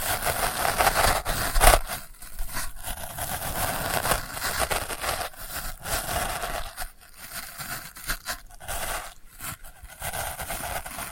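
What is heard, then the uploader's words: Delicate scratching rasps on in dense, uneven strokes with brief pauses, bright and hissy, with a sharper scrape near two seconds. ASMR Delicate Scratching for Sleep (No Talking).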